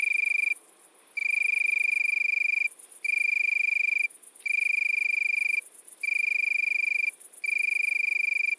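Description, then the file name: Italian tree cricket song: sustained musical trills lasting one to one and a half seconds, separated by brief gaps. Recorded at midnight at Le Puech, Cantal. "grillon-d Italie-a-minuit-Le-Puech-Cantal"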